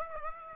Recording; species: mosquito wingbeat signal from an infrared sensor; Aedes aegypti